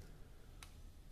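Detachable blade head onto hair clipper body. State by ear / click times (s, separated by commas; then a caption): not seated / none. A detachable blade head is pushed back onto the body of a Kemei TX3 hair clipper over a low background hum. A single faint, short tick sounds at about 0.6 s, but the head has not seated yet.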